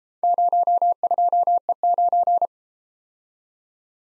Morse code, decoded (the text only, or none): 02E9